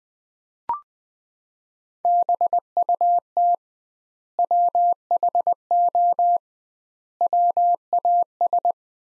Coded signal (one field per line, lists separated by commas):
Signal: Morse code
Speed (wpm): 20 wpm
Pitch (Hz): 700 Hz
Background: none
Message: BUT WHO WAS